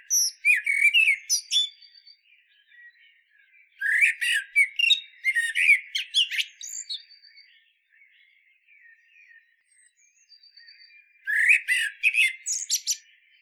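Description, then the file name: Common blackbird song: three separate bursts of warbling notes with thin, high twittering endings and quiet pauses between the phrases. "Turdus merula"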